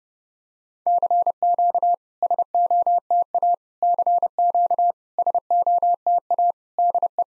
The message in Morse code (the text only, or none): CQ SOTA CQ SOTA DE